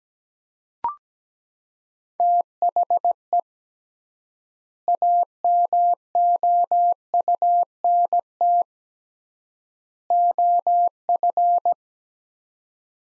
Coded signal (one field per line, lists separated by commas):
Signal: Morse code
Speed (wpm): 17 wpm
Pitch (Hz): 700 Hz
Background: none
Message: THE AMOUNT OF